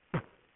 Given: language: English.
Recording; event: throat vibration sensor signal played as sound; cough